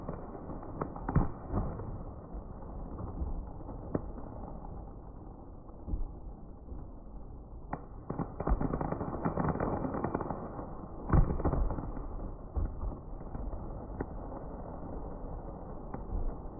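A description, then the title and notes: Fireworks going off to mark the start of the new year: a constant rumbling crackle with sharp bangs scattered throughout, strongest near 1 second, a dense burst from about 8 to 10 seconds, and another loud crack around 11 seconds. The sound is muffled, with little top end. Cool fireworks marking the beginning of the year.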